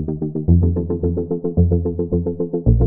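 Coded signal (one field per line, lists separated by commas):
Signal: none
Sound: music synth beeps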